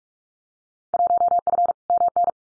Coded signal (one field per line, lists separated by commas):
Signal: Morse code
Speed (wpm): 44 wpm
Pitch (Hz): 700 Hz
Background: none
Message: 1F MN